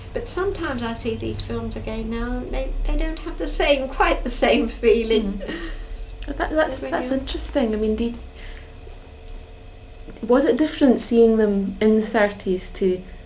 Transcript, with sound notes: But sometimes I see these films again now and they don't have the same, quite the same feeling. [laughs]
Mhm. That's interesting. I mean do you. Was it different seeing them in the thirties to